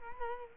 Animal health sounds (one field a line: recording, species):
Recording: mosquito wingbeat signal from an infrared sensor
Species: Culex quinquefasciatus